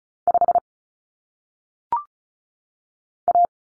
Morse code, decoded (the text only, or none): 5 A